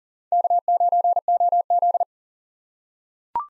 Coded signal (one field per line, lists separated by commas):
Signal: Morse code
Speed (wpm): 40 wpm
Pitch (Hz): 700 Hz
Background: none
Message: K9OZ